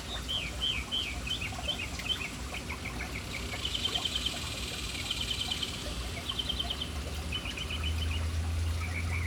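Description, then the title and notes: Birds chirping in several quick bursts of high notes, some trilled and clustered, over constant splashing water with a low rumble rising near the end. City birds hanging around an urban fountain. "Urban birds at fountain. Relaxing sounds of City Birds hanging around fountain"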